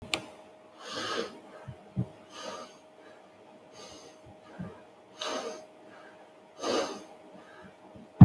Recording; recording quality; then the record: shallow breathing; moderate, slight background noise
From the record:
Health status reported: healthy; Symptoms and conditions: none ticked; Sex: male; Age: 27 years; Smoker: yes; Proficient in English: yes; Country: India